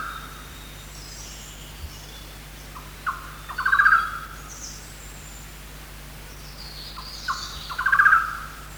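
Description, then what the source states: Golden-naped barbet call: two short rattling bursts near mid pitch, each led by a few clipped notes, about four seconds apart, over faint high hiss and a steady low hum. Recorded 1 March 2008.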